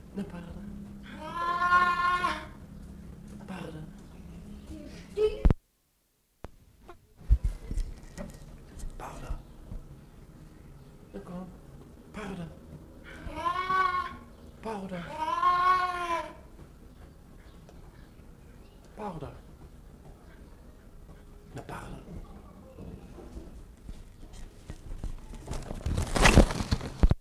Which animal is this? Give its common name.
Clouded Leopard